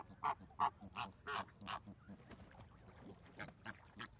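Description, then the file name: Flamingo calls, a run of loud nasal honks about three per second, then softer scattered honks. Flamingos at a zoo park. "ambience park zoo flamingos"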